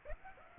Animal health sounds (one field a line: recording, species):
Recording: mosquito wingbeat signal from an infrared sensor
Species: Aedes aegypti